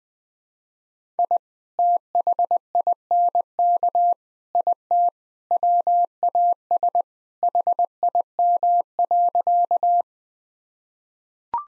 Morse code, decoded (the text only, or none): I THINK IT WAS HIM.